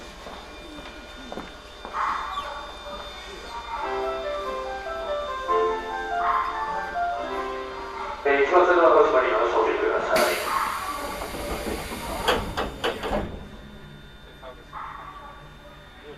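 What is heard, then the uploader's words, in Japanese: A ride aboard a Hokuso Railway train running through onto the Toei Asakusa Line, with a low rumble throughout and stepped, rising and falling motor tones through the first half. Around ten seconds a sharp hiss bursts in for about three seconds, then fades under voices and rumble. 耳で楽しむ鉄道旅 北総鉄道→都営浅草線 東松戸→人形町。正確には京成高砂から京成本線と京成押上線を通って都営浅草線に入ります。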